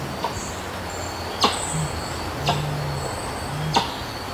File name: Canto do mutum de elmo